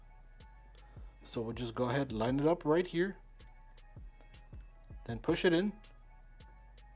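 An M.2 SSD is lined up with the notch on the motherboard M.2 slot, with its gold pins aimed into the slot, and is about to be pushed in while someone talks over quiet music. A few faint, soft ticks are heard around 0.4, 3.8, 6.4 and 6.8 seconds. The clip ends before the drive goes home, so nothing has seated or clicked yet.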